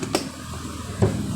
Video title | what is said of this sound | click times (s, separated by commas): Yamaha YTX 125 baklas upuan | So ayon na Snap na | 0.2 s